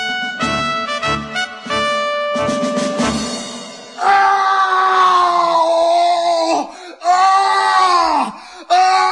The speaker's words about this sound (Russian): Когда было уже совсем светло, его разбудил ужасный крик.